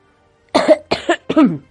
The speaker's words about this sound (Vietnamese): Kỷ Việt ho nhẹ một tiếng, trong lời nói như mang theo ý cười